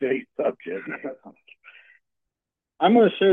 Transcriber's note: laughs